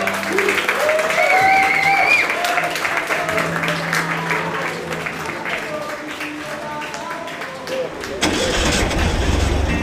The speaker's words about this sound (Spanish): pues un aplauso por favor para los grandes que siga, que siga.